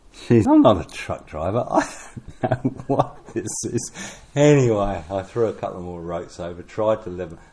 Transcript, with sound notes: ‘Geez, I’m not a truck driver, I don’t [chuckle] know what this is.’ Anyway, I threw a couple more ropes over, tried to level…